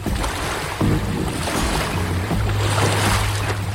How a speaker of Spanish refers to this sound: Era agua salada, con olas gigantescas que siempre se movían, y había muchos peces de distintas formas y colores, y barcos que no andaban a remo, sino con motores.